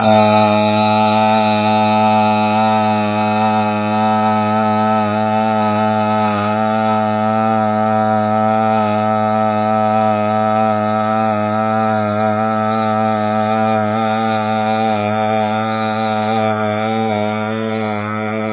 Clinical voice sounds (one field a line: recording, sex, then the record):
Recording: sustained vowel /a/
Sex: male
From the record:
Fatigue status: fatigue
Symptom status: symptomatic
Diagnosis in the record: COVID-19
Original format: 3gp